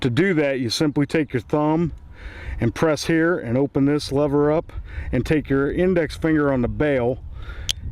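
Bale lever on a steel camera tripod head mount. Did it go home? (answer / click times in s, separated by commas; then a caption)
yes / 7.7 s. Someone talks while pressing the lever on the steel bale of a camera tripod head mount with a thumb and pulling the metal bale open with an index finger. A sharp click at 7.7 seconds marks the bale locking open, with a pin popping out to hold it so it can accept the pan/tilt head quick release.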